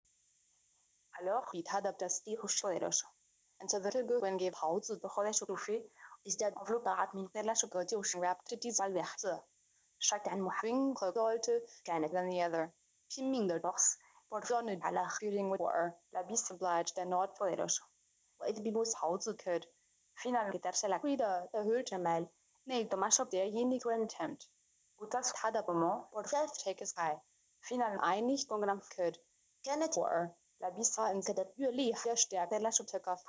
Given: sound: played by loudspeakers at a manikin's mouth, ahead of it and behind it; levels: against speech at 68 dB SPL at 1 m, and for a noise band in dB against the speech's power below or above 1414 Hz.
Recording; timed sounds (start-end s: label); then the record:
test signals for a remote microphone
1.11-33.29 s: speech test signal (ISTS)
From the record:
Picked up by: remote microphone B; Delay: 24 ms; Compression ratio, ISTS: 1.85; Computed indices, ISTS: SII 0.995, HASPI 0.987, HASQI 0.342 (non-linear 0.414, linear 0.827), ESTOI 0.825